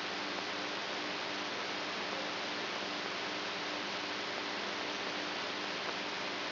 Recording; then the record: brain microelectrode recording played as sound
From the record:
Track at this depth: outside the subthalamic nucleus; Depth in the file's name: 5.512 mm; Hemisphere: right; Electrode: 3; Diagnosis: Parkinson's disease